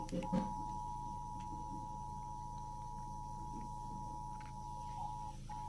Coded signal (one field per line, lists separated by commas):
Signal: Emergency Alert System (SAME) tones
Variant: 853 and 960 Hz attention tone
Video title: eas #29 severe thunderstorm warning